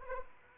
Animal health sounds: mosquito wingbeat signal from an infrared sensor; Anopheles arabiensis

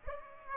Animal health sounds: mosquito wingbeat signal from an infrared sensor; Aedes aegypti

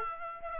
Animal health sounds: mosquito wingbeat signal from an infrared sensor; Aedes aegypti

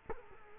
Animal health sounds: mosquito wingbeat signal from an infrared sensor; Culex quinquefasciatus

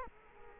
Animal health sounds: mosquito wingbeat signal from an infrared sensor; Culex quinquefasciatus

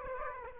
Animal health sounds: mosquito wingbeat signal from an infrared sensor; Aedes aegypti

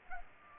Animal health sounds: mosquito wingbeat signal from an infrared sensor; Culex pipiens

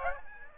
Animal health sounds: mosquito wingbeat signal from an infrared sensor; Aedes aegypti

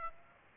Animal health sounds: mosquito wingbeat signal from an infrared sensor; Aedes aegypti

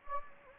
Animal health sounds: mosquito wingbeat signal from an infrared sensor; Anopheles gambiae

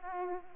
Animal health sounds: mosquito wingbeat signal from an infrared sensor; Aedes aegypti

